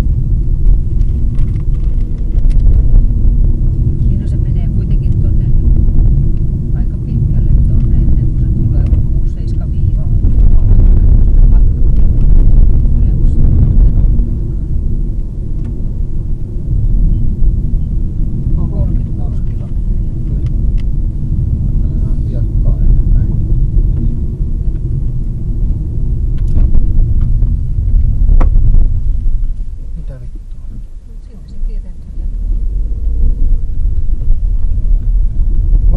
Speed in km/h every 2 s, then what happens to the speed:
51, 53, 56, 57, 52, 46, 55, 62, 60, 55, 54, 53, 52, 38, 9, 9, 17, 22.
0-6 speeds up to 57. 6-10 slows to 46. 10-15 speeds up to 62. 15-18 slows to 55. 18-25 steady at about 53. 25-28 brakes to 9. 30-36 speeds up to 22.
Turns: none.